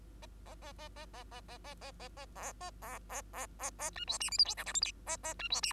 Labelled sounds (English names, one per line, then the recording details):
Bengalese Finch song
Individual Bird2